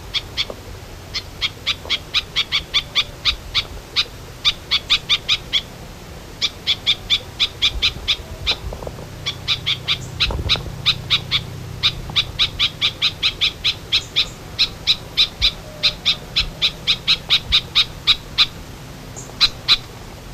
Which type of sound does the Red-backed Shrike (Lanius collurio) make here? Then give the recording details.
call. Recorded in the wild. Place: Elnhausen, DE. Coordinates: 50.8156, 8.6825. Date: 1964-08-25. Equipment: Uher Report 4000, AKG D190. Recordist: Krey, Winfried. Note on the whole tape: Rufe